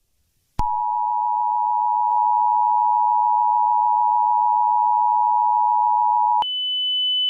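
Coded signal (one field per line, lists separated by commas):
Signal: Emergency Alert System (SAME) tones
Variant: 853 and 960 Hz attention tone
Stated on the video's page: Fictional EAS scenario.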